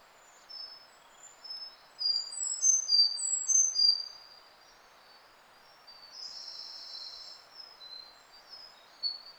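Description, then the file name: Sakhalin leaf warbler song, a run of sharp, very high whistled notes, then a short buzzy phrase and scattered high chirps, against steady background noise. 31 May 2009, 08:55. "ezomusikui-20090531-0855"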